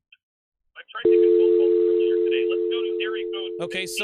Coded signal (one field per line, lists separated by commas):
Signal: telephone call progress tone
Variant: North America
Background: speech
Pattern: dial tone